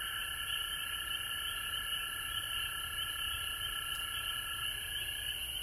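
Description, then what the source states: Frog chorus, a dense unbroken layer of high trilling calls with a lower steady trill beneath, running without pause through the whole stretch. Frogs recorded at home in Georgia on March 19, 2020.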